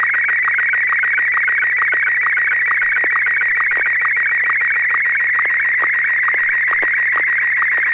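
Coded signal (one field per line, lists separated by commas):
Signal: SSTV (slow-scan television)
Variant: PD120 mode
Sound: continuous warbling, buzzy tone around 2 kHz with rapid regular ticking sync blips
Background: low mains hum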